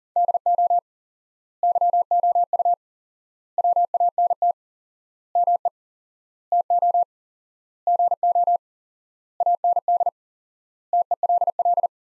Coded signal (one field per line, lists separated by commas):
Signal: Morse code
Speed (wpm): 40 wpm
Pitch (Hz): 700 Hz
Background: none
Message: DO YOU WANT ME TO GO AND TELL